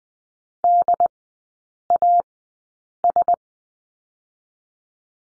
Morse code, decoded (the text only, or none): DAS